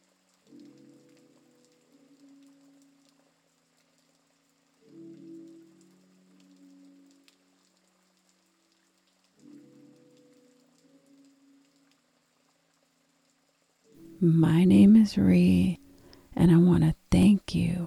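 Soft lounge piano phrases come in three quiet spells, then from fourteen seconds loud, choppy pitched bursts, like a cat or voice, dominate.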